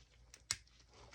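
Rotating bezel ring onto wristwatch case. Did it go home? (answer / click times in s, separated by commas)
yes / 0.5 s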